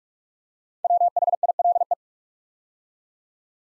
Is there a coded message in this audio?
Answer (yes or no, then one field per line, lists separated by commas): yes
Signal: Morse code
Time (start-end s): 0.8-1.9 s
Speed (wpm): 44 wpm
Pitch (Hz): 700 Hz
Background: none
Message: WHILE